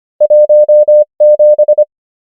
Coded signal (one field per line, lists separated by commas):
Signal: Morse code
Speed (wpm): 25 wpm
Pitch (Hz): 600 Hz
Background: none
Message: 1 7